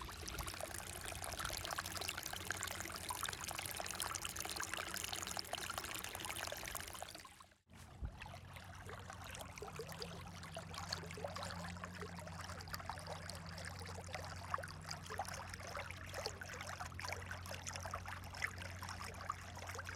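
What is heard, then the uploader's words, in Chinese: Water from a campus stream runs steadily, a dense, bright trickling and pouring that fills the first seven seconds. The sound cuts out briefly, then resumes slightly softer, now with a low steady hum underneath and busy splashing continuing to the end. 校园里的溪水。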